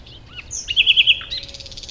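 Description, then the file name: Common nightingale song fragment: a high whistle, then a quick series of sharp repeated notes and a buzzy trill. "Luscinia megarhynchos"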